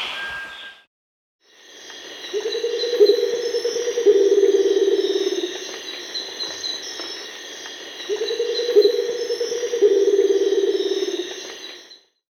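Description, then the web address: Rufous motmot giving low, hollow hooting calls in two long bouts, each a sustained resonant series, over a steady high buzzing insect chorus. South America. "Natures Songs S America Rufous Motmot (Baryphthengus martii)"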